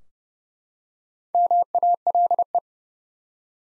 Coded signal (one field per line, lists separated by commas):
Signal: Morse code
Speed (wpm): 32 wpm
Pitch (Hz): 700 Hz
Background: none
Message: MALE